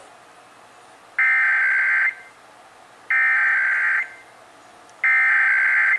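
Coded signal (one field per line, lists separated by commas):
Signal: Emergency Alert System (SAME) tones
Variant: header bursts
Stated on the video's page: Texas required monthly test relayed by radio and TV stations.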